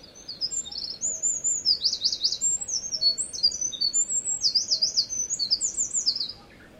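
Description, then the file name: Eurasian wren singing a long, energetic, very high outpouring of tinkling notes and fast rattled trills, several buzzy bursts woven in, lasting over six seconds. "misosazai"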